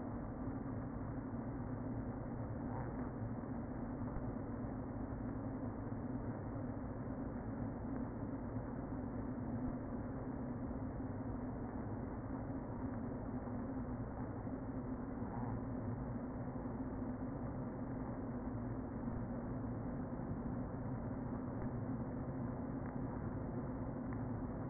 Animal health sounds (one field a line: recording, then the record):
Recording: honeybee colony, microphone inside the hive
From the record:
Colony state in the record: queen present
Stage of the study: before two queens were removed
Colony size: about 60,000 bees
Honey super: yes